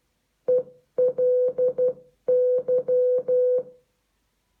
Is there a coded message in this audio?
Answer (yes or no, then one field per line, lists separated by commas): yes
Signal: Morse code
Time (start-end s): 0.5-3.6 s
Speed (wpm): 12 wpm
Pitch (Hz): 500 Hz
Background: music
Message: ELY